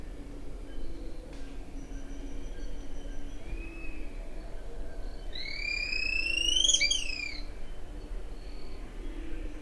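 White-crested spadebill call: one bright, rising note that breaks and falls sharply near the end, after a few fainter notes.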